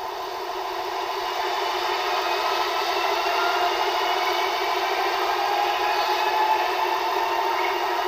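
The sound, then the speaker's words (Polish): A fast urban train heard from fairly far off, somewhere near the railway tracks, a soft, steady rushing hum that holds an even level for the whole stretch without clear clacks or horn blasts. “I raczej szybka kolej miejska. Mięciutko brzmi.”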